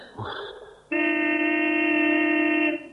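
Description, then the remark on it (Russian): A pickup truck horn sounds near a clinic, one long, steady, buzzy blast lasting nearly two seconds, loud and unwavering in pitch, after a short burst of rustling noise. “Кто это гудит около самой клиники? Это наш пикап.”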